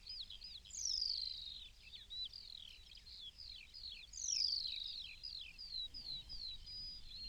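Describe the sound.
New Zealand pipit calls: two loud, shrill whistles sliding steeply downward about three seconds apart, over a dense, continuous chatter of many small high-pitched bird notes.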